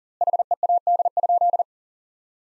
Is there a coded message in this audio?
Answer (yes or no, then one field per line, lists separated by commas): yes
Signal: Morse code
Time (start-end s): 0.2-1.6 s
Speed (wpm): 40 wpm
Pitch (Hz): 700 Hz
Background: none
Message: HEAD?